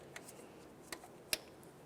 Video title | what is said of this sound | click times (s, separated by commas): How to Replace Engine Water Pump 2009-2010 Pontiac Vibe | continue on to your wiring harness we'll press this in listen for a click | 1.3 s